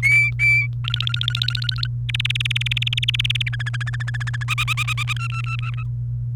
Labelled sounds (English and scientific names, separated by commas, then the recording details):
Domestic Canary (Serinus canaria) song
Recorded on 28 April 2018 at 17:24
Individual llb3